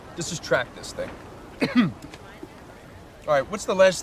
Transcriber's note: soundbite of cough